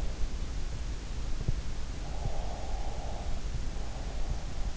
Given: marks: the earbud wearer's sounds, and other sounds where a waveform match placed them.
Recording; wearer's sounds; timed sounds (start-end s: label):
sounds in sleep by an in-ear microphone; breath
2.19-4.22 s: breath